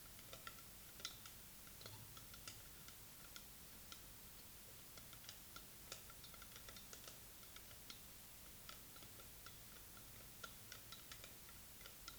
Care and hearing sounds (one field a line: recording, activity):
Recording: daily activity, guitar pickup as the sensor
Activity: fry